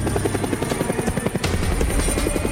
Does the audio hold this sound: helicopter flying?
yes